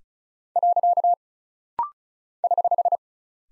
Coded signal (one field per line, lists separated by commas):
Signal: Morse code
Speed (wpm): 36 wpm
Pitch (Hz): 700 Hz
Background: none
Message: . <HH>